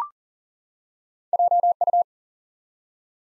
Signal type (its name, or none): Morse code